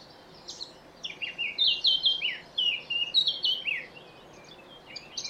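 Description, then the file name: Eurasian blackcap giving a loud warbled phrase of clear, falling whistled notes over about three seconds, followed by softer scattered twittering. "Sylvia atricapilla"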